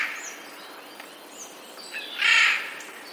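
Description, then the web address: Eurasian jay giving one loud hoarse screech late, preceded by faint high bird calls. Recorded 11 April 2021; labelled as a warning call. "wroblowe ostrzegator sojka 11 04 2021"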